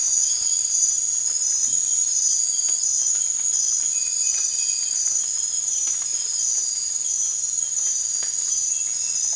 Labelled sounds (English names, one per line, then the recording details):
none
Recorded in dense forest near Puerto Asís, Putumayo, Colombia, on 20 December 2024 at 01:00
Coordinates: 0.468, -76.322
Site G071